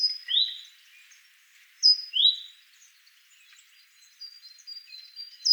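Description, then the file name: Great tit giving high two-note phrases, a sharp high note then a lower slurred one, sung twice, with faint high chirps behind. "Parus major"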